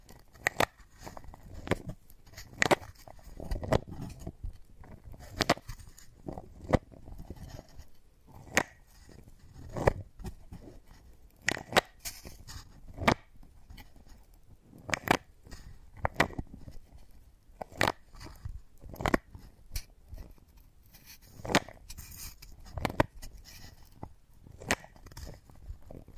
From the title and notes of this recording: ASMR Brain Tingly Wooden Ball Triggers (No Talking).